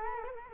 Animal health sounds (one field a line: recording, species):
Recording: mosquito wingbeat signal from an infrared sensor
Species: Culex quinquefasciatus